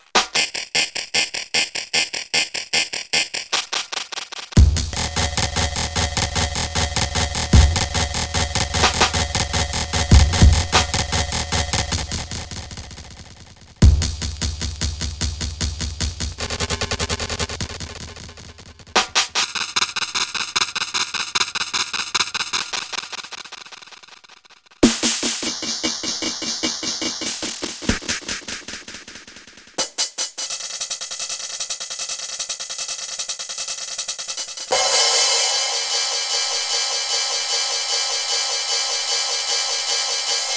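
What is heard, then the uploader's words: Circuit-bent delay effects are frozen and looped into dense, buzzy, stuttering textures that repeat rapidly. The sound jumps abruptly between distinct sections every five to ten seconds, each with its own pitch and tone, some fading into the next cut. Bright hiss dominates the end. A demo of a zoom 1202 effects unit with reclocking knob and RAM decimation switch matrix. Certain switch combinations cause the circuit bent delay effects to be frozen and looped. Individual drum sounds and then on a simple drum pattern.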